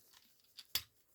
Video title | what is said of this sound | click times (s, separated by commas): Transformers studio series gamer edition optimus prime. | yeah I hear a click every time I do that so here | 0.8 s